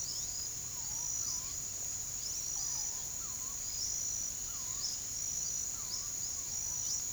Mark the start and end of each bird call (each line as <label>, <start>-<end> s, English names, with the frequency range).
Purple-throated Fruitcrow (0.3-1.8 kHz), 0.00-7.12 s
unidentified bird (2.2-8.3 kHz), 0.00-7.12 s